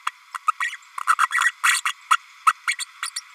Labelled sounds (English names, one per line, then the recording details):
Green-rumped Parrotlet babbling
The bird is a female
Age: 32 days
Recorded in a nest box in Venezuela
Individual 17B32A5